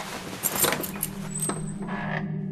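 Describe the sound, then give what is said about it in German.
Metallic jingling and clicks of a key turning in a lock, followed by a creaking door swinging open just a crack with a rising squeal, over a low steady hum. “Keine Sorge, ich werde die Tür zunächst nur einen Spalt öffnen.”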